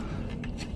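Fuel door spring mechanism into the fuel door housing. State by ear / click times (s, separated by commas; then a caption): seated / 0.4 s. The front of a plastic fuel door spring mechanism on a Lexus is pushed into the fuel door housing, and a short, sharp click at 0.4 s marks the second click, the front tab locking it in place. Low steady background rumble continues throughout. The mechanism is fully installed.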